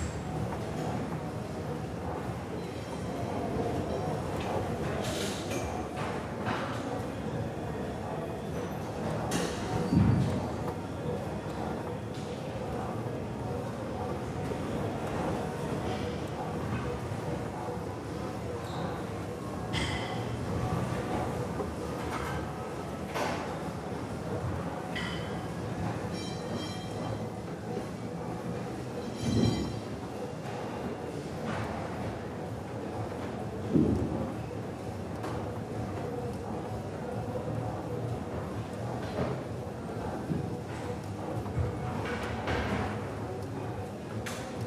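Gym ambience with a steady low rumble and continuous whooshing hum, like treadmills running throughout. Sharp clinks and knocks of weights break through now and then, loudest near 10, 29 and 34 seconds, with faint murmuring voices underneath.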